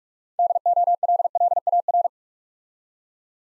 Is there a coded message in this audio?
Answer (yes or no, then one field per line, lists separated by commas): yes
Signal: Morse code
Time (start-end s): 0.4-2.1 s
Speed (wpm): 47 wpm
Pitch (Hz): 700 Hz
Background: none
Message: DOLLAR